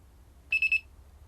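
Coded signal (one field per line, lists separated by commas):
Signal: beep code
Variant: flight controller buzzer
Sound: three quick high-pitched buzzer beeps in rapid succession, then quiet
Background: low hum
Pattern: 3 short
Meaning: Three beeps signal the quadcopter is armed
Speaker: And we also get 3 beeps when we arm,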